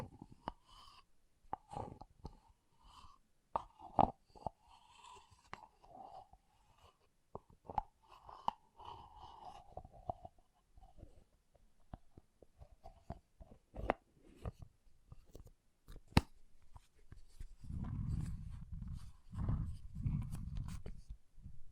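Water beads squish and shift in a rapid, irregular stream of small wet clicks and pops, with a soft mid-pitched rustle running through the first half. Sharper snaps punctuate it often, and near the end heavy low squelches swell in several pulses.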